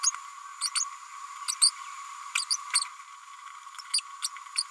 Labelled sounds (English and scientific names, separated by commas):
Green-rumped Parrotlet (Forpus passerinus) babbling